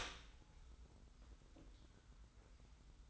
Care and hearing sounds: daily activity, microphone in the room; open door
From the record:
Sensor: 3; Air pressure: 990.4 hPa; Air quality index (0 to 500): 172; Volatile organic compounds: 1000 ppm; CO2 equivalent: 5580 ppm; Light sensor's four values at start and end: 48/113/46/44 and 48/113/46/44

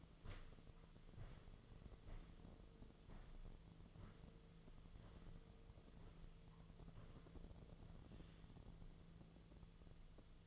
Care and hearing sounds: daily activity, microphone in the room; walk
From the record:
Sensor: 4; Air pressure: 1006.2 hPa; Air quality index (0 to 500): 86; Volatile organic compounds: 2 ppm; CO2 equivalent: 1072 ppm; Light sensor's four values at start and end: 12/27/11/10 and 12/27/11/10

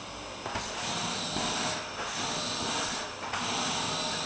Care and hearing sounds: daily activity, microphone in the room; vacuum cleaning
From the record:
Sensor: 2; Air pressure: 995.1 hPa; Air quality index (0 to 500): 50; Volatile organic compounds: 1 ppm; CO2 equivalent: 782 ppm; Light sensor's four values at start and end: 16/52/20/20 and 16/52/20/20

